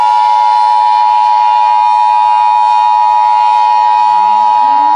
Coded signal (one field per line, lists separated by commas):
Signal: Emergency Alert System (SAME) tones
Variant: 853 and 960 Hz attention tone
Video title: EAS Scenario#1: Universal Paradox